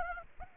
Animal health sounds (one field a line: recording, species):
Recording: mosquito wingbeat signal from an infrared sensor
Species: Anopheles arabiensis